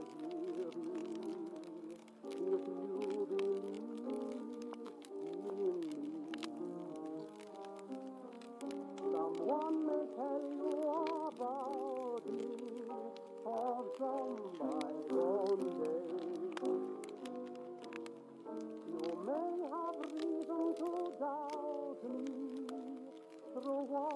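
An oldies song plays from another room, its melody muffled and steady, with voice-like lines gliding up and down throughout. A crackling fireplace adds sharp, irregular pops and snaps scattered across the whole clip, some louder than others.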